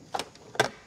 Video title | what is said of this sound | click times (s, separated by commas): How to Replace a Water Pump and Thermostat - Toyota Landcruiser 200 Series | you push the button down until it clicks | 0.6 s